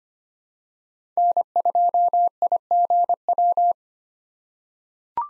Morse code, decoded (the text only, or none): N2IGW